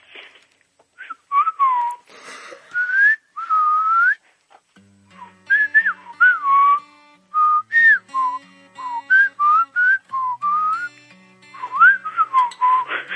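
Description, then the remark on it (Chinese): A caller to a radio call-in show whistles a wavering tune over the phone line, alternating short chirps with longer sliding notes in a steady, song-like rhythm, with a faint low hum underneath and no talking. “其实分不出来，因为口哨没有那个辨识度。”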